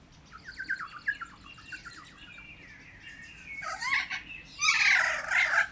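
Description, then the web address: Kea calling, a run of quick descending harmonic notes building into loud, rasping screeches near the end. Captive kea in a zoo in Jászberény, recorded on 24 March 2016. "allathangok jaszberenyizoo 2016. kea"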